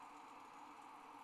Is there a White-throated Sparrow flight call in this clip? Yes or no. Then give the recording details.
no. No flight call is heard. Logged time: 04:46 on 30 November 2014